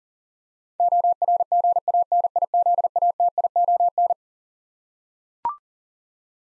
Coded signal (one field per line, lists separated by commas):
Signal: Morse code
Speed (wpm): 40 wpm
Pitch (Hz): 700 Hz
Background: none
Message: ORGANIZATION